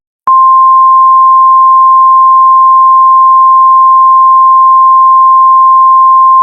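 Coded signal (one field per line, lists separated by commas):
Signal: Emergency Alert System (SAME) tones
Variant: 853 and 960 Hz attention tone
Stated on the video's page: Fictional, simulated EAS alert warning that "he is coming."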